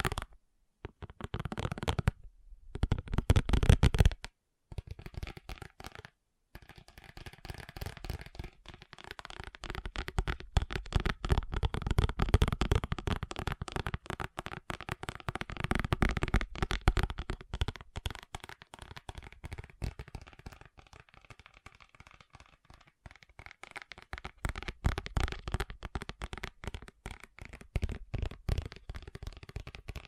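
Fast tapping, a dense rattle of quick, crisp clicks that runs almost without pause. The first six seconds come in short bursts broken by brief silences, then the tapping settles into a steady flurry that swells and eases slightly in loudness toward the end.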